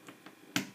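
A child presses a plastic building piece onto a Mega Bloks El Macho's Lab toy model. Two faint ticks at about 0.1 s and 0.3 s come before one sharp, bright snap at 0.6 s. The piece snaps on and is seated.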